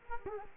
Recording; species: mosquito wingbeat signal from an infrared sensor; Culex quinquefasciatus